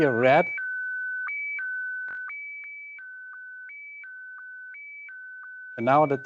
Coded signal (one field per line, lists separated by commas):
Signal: SSTV (slow-scan television)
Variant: Scottie DX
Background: speech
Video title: 2025-04-03 SSTV - A picture is worth a thousand words